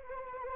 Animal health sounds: mosquito wingbeat signal from an infrared sensor; Anopheles arabiensis

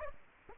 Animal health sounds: mosquito wingbeat signal from an infrared sensor; Aedes aegypti

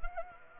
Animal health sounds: mosquito wingbeat signal from an infrared sensor; Anopheles arabiensis

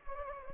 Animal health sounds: mosquito wingbeat signal from an infrared sensor; Anopheles gambiae

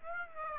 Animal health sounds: mosquito wingbeat signal from an infrared sensor; Aedes aegypti

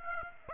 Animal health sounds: mosquito wingbeat signal from an infrared sensor; Aedes aegypti

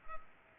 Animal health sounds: mosquito wingbeat signal from an infrared sensor; Culex pipiens

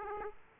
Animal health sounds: mosquito wingbeat signal from an infrared sensor; Aedes aegypti

